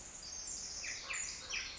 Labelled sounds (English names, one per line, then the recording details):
Pacific Wren
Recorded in Sonoma County, California